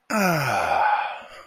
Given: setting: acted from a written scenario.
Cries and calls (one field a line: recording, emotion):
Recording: vocal sound without words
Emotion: serenity